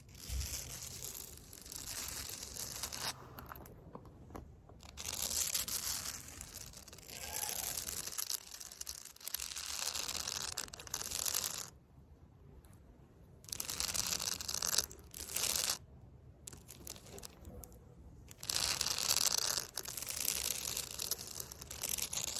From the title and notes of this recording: ASMR CONCRETE SCRATCHING WITH FAKE NAILS (towards camera and back).